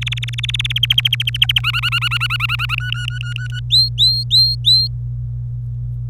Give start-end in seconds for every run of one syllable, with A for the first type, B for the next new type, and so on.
0.01-0.72 A, 0.76-1.59 B, 1.64-2.75 C, 2.78-3.60 D, 3.70-4.87 E